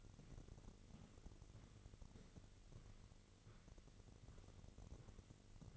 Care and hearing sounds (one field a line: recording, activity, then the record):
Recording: daily activity, microphone in the room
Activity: walk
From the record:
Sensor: 4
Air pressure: 1002.5 hPa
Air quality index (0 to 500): 221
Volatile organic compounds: 13 ppm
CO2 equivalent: 2392 ppm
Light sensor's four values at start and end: 21/72/26/26 and 21/72/27/27